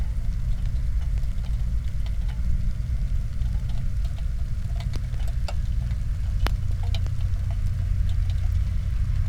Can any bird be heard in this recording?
no